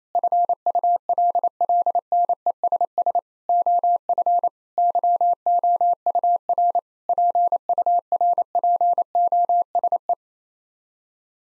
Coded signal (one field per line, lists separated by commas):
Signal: Morse code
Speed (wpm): 28 wpm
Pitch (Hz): 700 Hz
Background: none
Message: FULLNESS OF YOUR PURPOSE